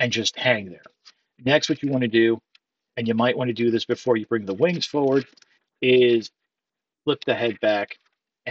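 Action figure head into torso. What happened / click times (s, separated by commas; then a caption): The toy head snapped into place / 8.5 s. Someone talks while flipping the plastic head of a Transformers Rise of the Beasts Beast Mode Optimus Prime action figure back into its torso during transformation. A sharp click comes at 8.5 s as the head snaps into place and seats.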